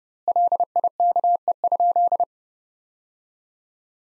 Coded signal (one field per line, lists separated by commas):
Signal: Morse code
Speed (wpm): 30 wpm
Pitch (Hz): 700 Hz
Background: none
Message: LIKE?